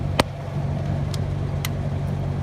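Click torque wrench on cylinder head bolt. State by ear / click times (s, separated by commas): torque reached / 0.2 s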